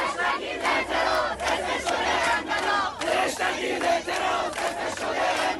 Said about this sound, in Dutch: Dit is meer dan een protest, dit is een revolutie, roepen studenten hier.